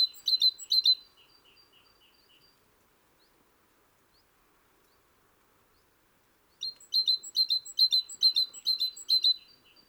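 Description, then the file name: Great tit calling in quick repeated bursts of sharp, chinking high notes, one at the start and another after a long quiet gap. "Parus major"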